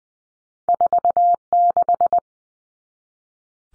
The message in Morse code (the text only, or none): 46